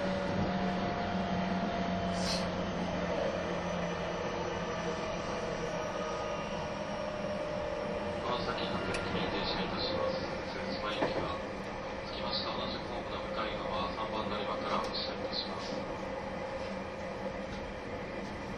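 A train runs steadily with a dense low rumble and faint whining tones, while brief clicks and rattles come and go throughout.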